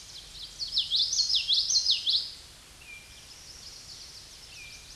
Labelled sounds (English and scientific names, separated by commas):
Common Yellowthroat (Geothlypis trichas) song